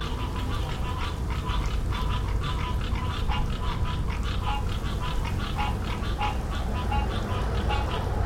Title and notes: New Orleans frogs. Frogs in a New Orleans courtyard